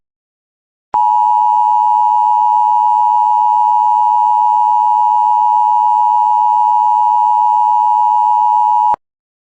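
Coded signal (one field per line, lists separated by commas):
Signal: Emergency Alert System (SAME) tones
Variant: 853 and 960 Hz attention tone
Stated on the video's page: EAS SAME tones for two severe thunderstorm warnings in Mississippi and a required weekly test for Nevada, audio from a logger.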